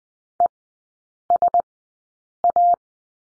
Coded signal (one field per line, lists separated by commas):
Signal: Morse code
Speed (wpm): 20 wpm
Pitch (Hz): 700 Hz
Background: none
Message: ESA